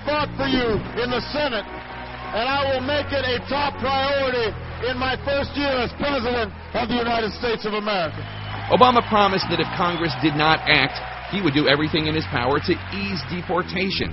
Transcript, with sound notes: I fought for you in the Senate, and I will make it a top priority in my first year as president of the United States of America.
(CHEERS AND APPLAUSE) Obama promised that if Congress didn`t act, he would do everything in his power to ease deportation.